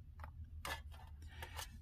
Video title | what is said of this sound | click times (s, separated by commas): Complete video of 2020 Macbook pro 13 inch A2251 cracked broken LCD detailed replacement | and you just pry the sides you're gonna hear a click on both sides | 0.7 s